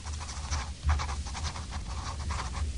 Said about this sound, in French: Question, il écrit avec un stylo, oui ? Oui, il écrit avec un stylo. Il écrit sur le papier. Oui, il écrit sur le papier.